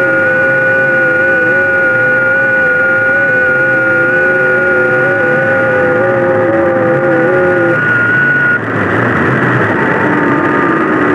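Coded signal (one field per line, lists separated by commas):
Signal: FT8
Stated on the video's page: FT8 received with an RTL-SDR dongle running SDR++.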